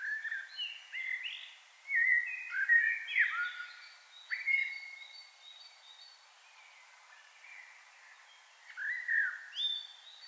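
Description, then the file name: Common blackbird song: a series of mellow, slurred whistled notes over a soft hiss, a quiet stretch, then another short fluty phrase. "Turdus merula"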